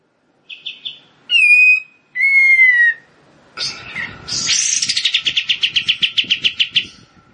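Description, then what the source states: Prinia song: a brief buzzy note, two loud clear whistles, then a raspy burst leading into a fast rhythmic run of chips, with a faint steady tone beneath. Rice-field (sawah) variety.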